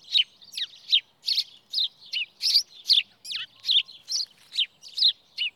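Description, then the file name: House sparrow giving many loud clipped chirps in quick succession, some with a downward sweep, in a continuous chattering run. "Passer domesticus"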